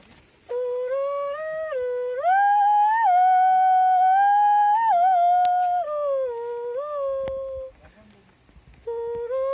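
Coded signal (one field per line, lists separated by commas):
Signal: whistled language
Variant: Kongthong jingrwai iawbei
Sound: a melodic hummed or sung tune with several held notes stepping up and down, then a pause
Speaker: a song which we call in kongtong the jin ray obey which has been composed by a mother for her child and now congratu she will compose a song for you so that it will remain as a song's name for you sir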